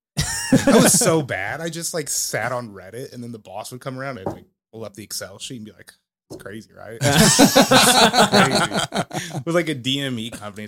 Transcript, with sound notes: That was so bad, I just like sat on Reddit and then the boss would come around and pull up the excel. She'd be like, it's crazy, right? (all laughing) It was like a DME company.